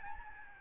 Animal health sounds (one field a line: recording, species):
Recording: mosquito wingbeat signal from an infrared sensor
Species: Aedes albopictus